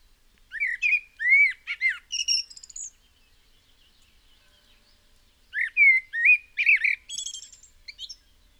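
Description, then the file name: Common blackbird delivering rich, low whistled warbles that break into thin squeaky twitters, two phrases separated by a silence of about three seconds. "Turdus merula"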